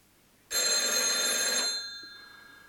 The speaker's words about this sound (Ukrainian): Звініць телефон.